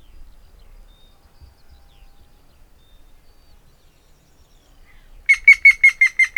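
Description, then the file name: Grey-headed woodpecker giving a quick series of several even notes near the end, after several seconds of quiet with faint low rumble. "Hamvas küllő - Picus canus"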